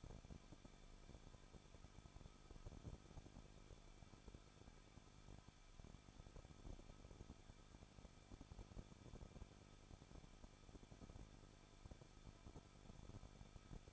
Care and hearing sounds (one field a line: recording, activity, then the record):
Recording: daily activity, microphone in the room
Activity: no activity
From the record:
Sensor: 5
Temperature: 20.8 degrees Celsius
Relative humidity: 38.6%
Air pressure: 1006.5 hPa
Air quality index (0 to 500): 192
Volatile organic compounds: 21 ppm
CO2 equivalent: 2712 ppm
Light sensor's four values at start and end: 2/3/1/1 and 2/3/1/1